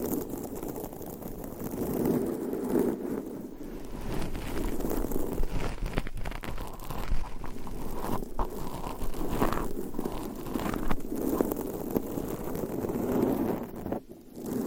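Scratching and rubbing on a microphone, a dense, continuous rasp that swells and eases without stopping. The sound sits mostly low and muffled, with brighter scrapes cutting in every second or two. A sharper burst near the end, around fourteen seconds, briefly drops away.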